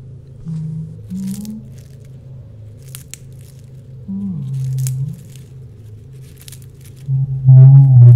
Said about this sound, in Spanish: Un crujido de remas, seguido de una especie de susurro que parecía arrastrarse con el viento.